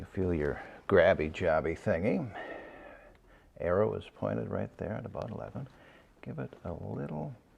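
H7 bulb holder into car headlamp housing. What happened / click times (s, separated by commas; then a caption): The twist-lock holder is being handled but has not clicked into place yet / none. Someone talks while handling the driver-side H7 bulb holder in a VW Golf headlamp housing, with its arrow pointed at about the 11 o'clock position, ready to be spun to 10 o'clock to lock. Only a faint, brief sound is heard near 3.2 s amid the talking. The holder has not seated or clicked yet.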